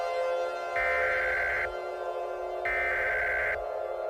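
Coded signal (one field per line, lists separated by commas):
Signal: Emergency Alert System (SAME) tones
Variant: header bursts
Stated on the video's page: Mock (simulated) alert.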